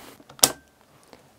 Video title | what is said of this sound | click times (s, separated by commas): Four rigs for the BMPCC 4K (timestamped, links & PDF) | hear, it clicks nicely into place! | 0.4 s